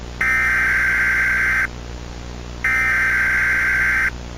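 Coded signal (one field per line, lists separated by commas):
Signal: Emergency Alert System (SAME) tones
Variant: header bursts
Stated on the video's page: Remastered fictional EAS scenario, a recreation of an earlier version.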